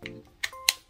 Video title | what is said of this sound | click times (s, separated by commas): nintendo switch unboxing & set up 🌷🎮 playing mario kart + just dance, etc | satisfying that was a satisfying click | 0.7 s